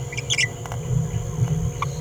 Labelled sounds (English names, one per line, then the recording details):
Green-rumped Parrotlet babbling
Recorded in a nest box in Venezuela
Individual 18B17A4